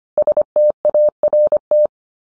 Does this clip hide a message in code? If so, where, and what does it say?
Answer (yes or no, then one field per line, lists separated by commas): yes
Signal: Morse code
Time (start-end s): 0.2-1.9 s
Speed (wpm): 25 wpm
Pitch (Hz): 600 Hz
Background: none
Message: START